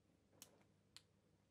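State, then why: Seated. A plastic extension bracket is pushed onto a universal lifejacket light unit. Two short, sharp clicks are heard at 0.4 s and 1.0 s over a quiet background. The bracket clicks into place and is seated.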